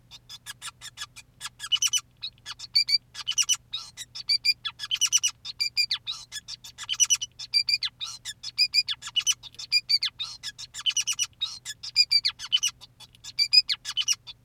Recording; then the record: song of a male Bengalese finch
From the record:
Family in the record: son of father 2, and himself father 5